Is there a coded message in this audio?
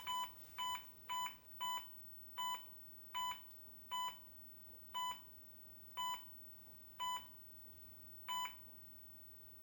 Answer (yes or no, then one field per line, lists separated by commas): no